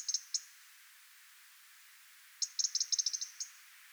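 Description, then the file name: European robin with a few sharp high ticks, a pause of two seconds, then a fast chattering run of many clicks. "Erithacus rubecula"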